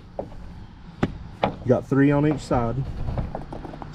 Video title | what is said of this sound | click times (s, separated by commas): Korkers Darkhorse Wading Boot Review | that just pop into place | 0.2 s, 1.0 s, 1.4 s